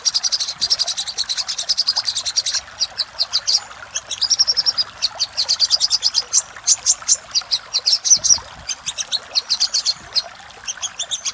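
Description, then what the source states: Little spiderhunter: rapid, high, sharp chipping with dense trilled stretches and an occasional whistled note. Master recording for training cage birds; labelled Labaik.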